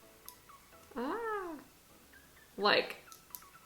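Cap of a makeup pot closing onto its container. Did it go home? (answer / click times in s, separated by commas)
partly / 3.1 s, 3.4 s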